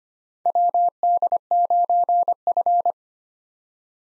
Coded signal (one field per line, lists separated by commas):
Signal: Morse code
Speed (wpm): 25 wpm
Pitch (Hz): 700 Hz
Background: none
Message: WD9F